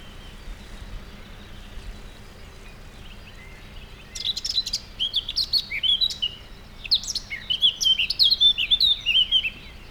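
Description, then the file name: Eurasian blackcap singing after four seconds of near silence, a rich, hurried warble of fluty whistles and sharp notes that grows louder and carries on to the end. "Sylvia atricapilla"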